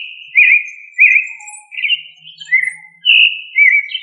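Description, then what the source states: Thrush song: clear whistled phrases, some warbled and some drawn out, delivered in a steady series with short pauses between them. Sabiá, a thrush of the family Turdidae.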